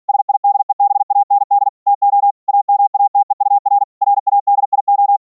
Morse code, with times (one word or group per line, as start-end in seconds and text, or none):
0.1-1.7 SIDEBAND
1.9-2.3 TO
2.5-3.8 AMATEUR
4.0-5.2 RADIO